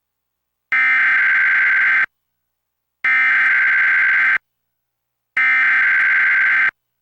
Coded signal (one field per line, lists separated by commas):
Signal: Emergency Alert System (SAME) tones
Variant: header bursts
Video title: EAS #900-901: 2 EAS Required Monthly Tests- Jan. 5, 2024- 10:15AM PST